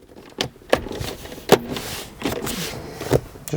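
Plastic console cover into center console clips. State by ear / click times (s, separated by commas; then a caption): seated / 0.4 s, 0.7 s, 3.5 s. A plastic center console cover is pressed down into its clips inside a car, giving sharp plastic snaps at 0.4, 0.7 and 3.5 seconds among other knocks and rustles. The cover snaps into place and is seated.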